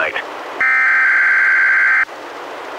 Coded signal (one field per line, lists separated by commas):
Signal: Emergency Alert System (SAME) tones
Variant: header bursts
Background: speech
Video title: EAS #102-104: 3 NWR Required Weekly Tests- Mar. 16-30, 2016